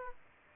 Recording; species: mosquito wingbeat signal from an infrared sensor; Aedes aegypti